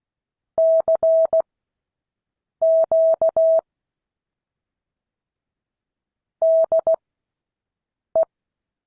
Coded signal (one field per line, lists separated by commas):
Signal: Morse code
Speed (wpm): 16 wpm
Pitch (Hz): 650 Hz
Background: none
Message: CQ DE